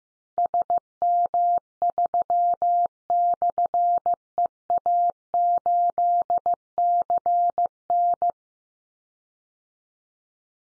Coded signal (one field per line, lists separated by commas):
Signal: Morse code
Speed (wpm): 15 wpm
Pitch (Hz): 700 Hz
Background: none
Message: SM3/EA8CN